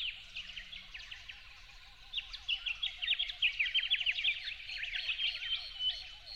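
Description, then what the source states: Yellow-faced honeyeater giving fast, twittering chirp phrases, mostly from the middle onward, over a steady lower repeated warbling. At dawn, 08/01/12.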